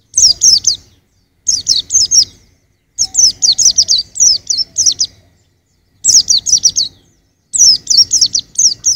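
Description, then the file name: White-eye song in repeated bursts of high, tinkling, down-sweeping notes, several per burst, separated by brief silences. "suara burung pleci usro"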